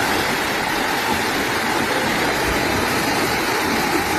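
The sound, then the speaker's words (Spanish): The swollen Guadalquivir river rushes past Lora del Río in Seville, Spain, flooding after a storm; a dense, continuous roar of churning water spanning low rumble to bright hiss, loud and unbroken throughout with no voices. “Esto que están escuchando es el sonido del Guadalquivir a su paso por Lora del Río en Sevilla.”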